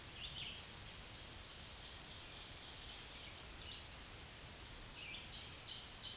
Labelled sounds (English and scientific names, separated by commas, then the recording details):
Black-throated Green Warbler (Setophaga virens) song
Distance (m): 25 m
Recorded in a Pennsylvania forest on 1 June 2023 at 07:03
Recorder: AudioMoth, point grid3_31_low
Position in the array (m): 118 m, 113 m